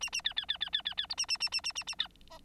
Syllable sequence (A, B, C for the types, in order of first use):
A A B B B B B B B C A A A A A A A B D